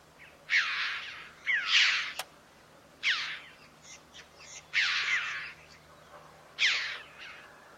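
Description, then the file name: Red-billed chough uttering strident, grating downslurred calls, five main bursts every one to two seconds, over a quiet background with a brief click. "Canto do gralha de bico vermelho"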